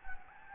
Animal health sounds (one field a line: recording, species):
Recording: mosquito wingbeat signal from an infrared sensor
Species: Anopheles gambiae